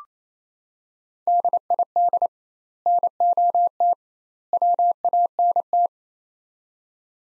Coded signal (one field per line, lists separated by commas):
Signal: Morse code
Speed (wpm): 28 wpm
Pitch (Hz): 700 Hz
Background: none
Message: DID NOT WANT